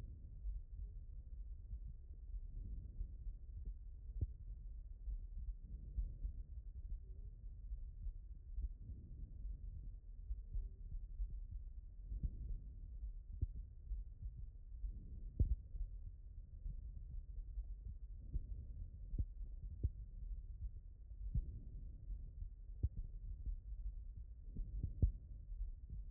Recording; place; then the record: heart sounds by stethoscope; aortic valve (AV)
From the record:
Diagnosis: non-HFrEF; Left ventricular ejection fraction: 66%